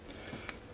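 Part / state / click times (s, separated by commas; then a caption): brake pedal switch into its mounting bracket under the dash / seated / 0.5 s. A plastic brake light switch for a Nissan Armada/Patrol is pushed into its mounting bracket under the dash to show how it mounts, then given a quarter turn to lock it. Over steady low background noise, a single sharp click sounds at 0.5 s. The switch is seated in its bracket.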